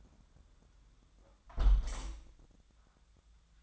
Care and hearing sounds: daily activity, microphone in the room; close window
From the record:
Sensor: 3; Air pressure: 1004.6 hPa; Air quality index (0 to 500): 74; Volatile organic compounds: 2 ppm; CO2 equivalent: 1104 ppm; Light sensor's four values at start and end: 7/16/6/6 and 7/16/6/6

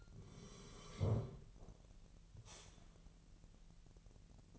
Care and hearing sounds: daily activity, microphone in the room; sit down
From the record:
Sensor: 4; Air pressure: 1002.8 hPa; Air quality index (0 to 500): 249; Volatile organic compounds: 32 ppm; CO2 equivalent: 2996 ppm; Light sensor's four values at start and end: 10/23/9/10 and 10/23/9/10

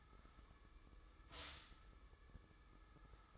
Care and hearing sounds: daily activity, microphone in the room; stop toaster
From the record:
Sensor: 3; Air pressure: 995.2 hPa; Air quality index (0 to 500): 74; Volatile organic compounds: 5 ppm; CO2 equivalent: 1731 ppm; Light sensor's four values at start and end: 18/54/23/20 and 18/55/23/20

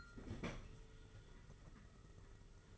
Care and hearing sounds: daily activity, microphone in the room; open fridge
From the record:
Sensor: 4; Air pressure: 991.8 hPa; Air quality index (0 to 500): 107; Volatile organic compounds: 16 ppm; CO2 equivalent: 2549 ppm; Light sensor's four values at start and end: 19/64/23/24 and 19/63/23/23

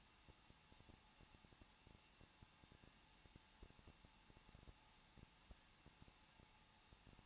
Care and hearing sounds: daily activity, microphone in the room; no activity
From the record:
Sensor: 1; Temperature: 20.1 degrees Celsius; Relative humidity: 39.1%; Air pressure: 1006.4 hPa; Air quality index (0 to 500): 216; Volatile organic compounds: 73 ppm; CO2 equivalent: 3544 ppm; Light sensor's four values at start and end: 1/2/1/1 and 1/2/1/1

